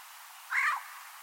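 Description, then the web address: Bird uttering a single brief, rasping note, then quiet background hiss. "Deverinetal 2025 File origin Bird Only"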